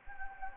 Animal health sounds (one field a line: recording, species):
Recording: mosquito wingbeat signal from an infrared sensor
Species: Anopheles gambiae